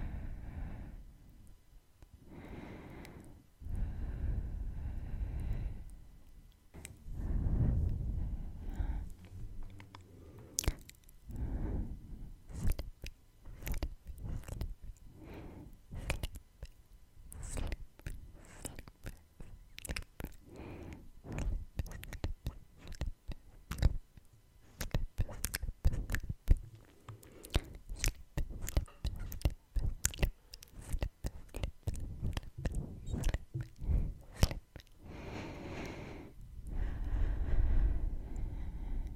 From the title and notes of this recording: ASMR Mouth Sounds (Tongue clicking, Kissing sounds, Breathing, Face Touching).